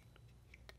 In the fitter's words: there on that little pin and there's a little channel on the pin you're at snap in place there just